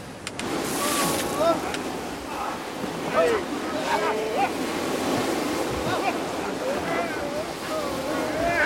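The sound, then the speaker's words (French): A boat pushes in to land on an island shore near a rock, through steady, rushing ocean surf, with a continuous wash of water and wind noise. Voices call out intermittently over the churning waves. “Attention au rocher. On accoste.”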